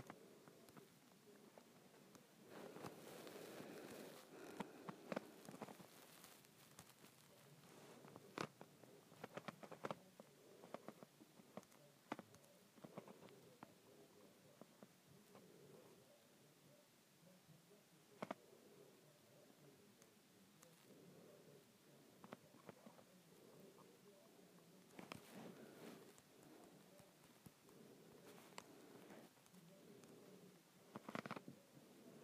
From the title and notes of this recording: ASMR Twisting and Turning a Handle.